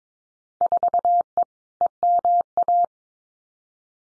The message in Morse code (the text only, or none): 4E EMA